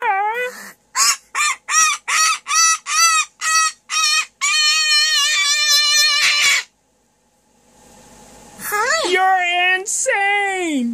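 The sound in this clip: Bird screaming: several loud, harsh screeches in quick succession, then a long sustained scream, a pause, and two more squawks.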